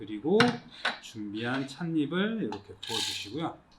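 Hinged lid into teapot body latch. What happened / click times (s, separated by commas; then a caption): Handled, not yet home: the lid has not clicked shut / none. Someone talks while pouring tea leaves into an all-in-one teapot whose hinged lid opens with a lever. The lid is meant to close into the teapot body latch with a click, but nothing has seated or clicked yet.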